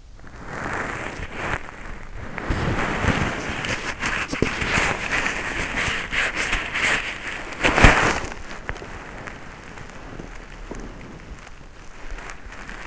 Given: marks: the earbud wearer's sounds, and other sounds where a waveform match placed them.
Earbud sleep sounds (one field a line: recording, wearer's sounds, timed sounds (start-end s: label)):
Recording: sounds in sleep by an in-ear microphone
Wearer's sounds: body movement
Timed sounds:
0.00-5.85 s: body movement
5.98-12.87 s: body movement